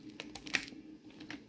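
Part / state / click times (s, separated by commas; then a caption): memory module into motherboard DIMM slot / seated / 0.4 s, 0.6 s. A DDR4 memory module is pressed firmly all the way into its motherboard DIMM slot, and the plastic retention clips on both ends snap shut with a double click at 0.4 s and 0.6 s. Fainter ticks and small knocks surround the two clicks, and the module ends up seated.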